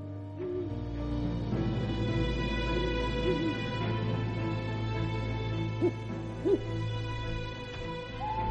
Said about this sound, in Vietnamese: Đâu đó ở ngoài kia có tiếng con cú mèo cứ rúc lên từng hồi. Nghe mơ mơ hồ hồ như tiếng quạ kêu ở bãi biển gần nhà tôi vào những đêm tịch mịch.